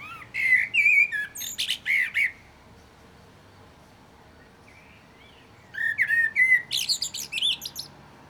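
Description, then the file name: Common blackbird song in two bursts, each starting with rich warbled whistles and ending in high, scratchy twittering, with a quiet gap between them. "Turdus merula"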